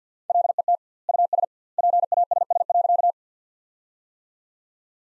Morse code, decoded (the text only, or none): LET US PASS.